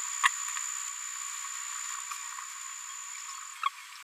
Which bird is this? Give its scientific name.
Forpus passerinus